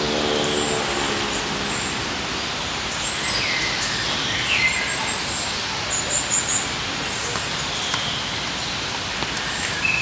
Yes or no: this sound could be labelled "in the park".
yes